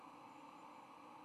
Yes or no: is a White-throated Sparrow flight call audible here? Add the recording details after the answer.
no. No flight call is heard. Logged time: 00:25 on 4 November 2014